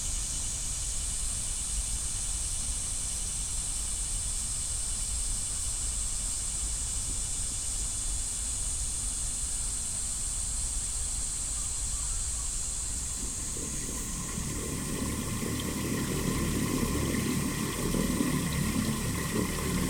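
A field recording from Kyoto, Japan, filled with a steady, even hiss and a low rumble of traffic. Around the fourteen-second mark an engine grows louder, adding a deeper churning rumble and some humming tones that carry on to the end.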